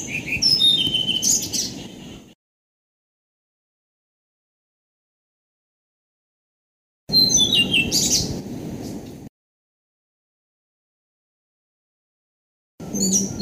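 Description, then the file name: Blue-throated flycatcher song: short sweet phrases of high, descending whistled notes with a rushing burst, two full phrases and the start of a third, separated by silent gaps, with low hiss under each phrase. "kicau sikatan blue throated. omkicau"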